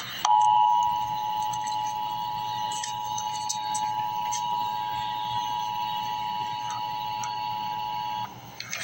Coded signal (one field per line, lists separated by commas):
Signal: Emergency Alert System (SAME) tones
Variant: 853 and 960 Hz attention tone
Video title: EAS Update - Heat Advisory - Aug 26, 2024 at 9:38 PM EDT